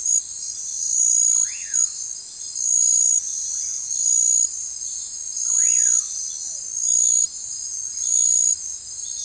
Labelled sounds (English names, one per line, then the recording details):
Common Pauraque
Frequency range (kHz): Common Pauraque 0.8-3.0 kHz
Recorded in forest near Pivijay, Magdalena, Colombia, on 18 April 2023 at 19:30
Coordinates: 10.467, -74.380
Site Z5-G034